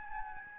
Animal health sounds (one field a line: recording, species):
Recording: mosquito wingbeat signal from an infrared sensor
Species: Aedes albopictus